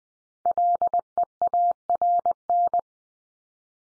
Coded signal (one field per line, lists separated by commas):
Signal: Morse code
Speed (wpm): 20 wpm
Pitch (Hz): 700 Hz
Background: none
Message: LEARN